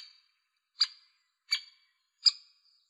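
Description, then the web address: Great spotted woodpecker calling: three sharp, abrupt 'kik' notes, evenly spaced against silence. "Dendrocopos major"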